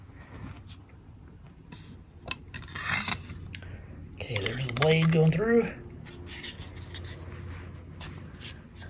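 A SOG ACE knife blade is pushed into its polymer sheath with rubbing, scraping sounds and a few sharp transients while someone talks. The blade fails to lock into the sheath, and nothing has clicked or seated yet.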